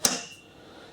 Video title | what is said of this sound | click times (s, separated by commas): unboxing of a ridgid msuv stand model ac9945 maxwellsworld | this the back one just pretty much snaps in place | 0.0 s